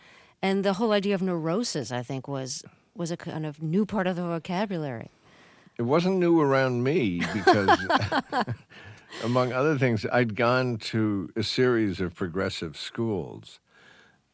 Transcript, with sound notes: And the whole idea of neurosis, I think, was a kind of new part of the vocabulary.
It wasn't new around me...
(LAUGHTER)
...Because, among other things, I'd gone to a series of progressive schools.